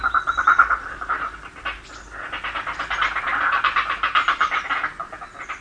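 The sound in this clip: Grey heron giving a rapid series of harsh, rasping, croaky pulses, rising and falling in loudness across several seconds.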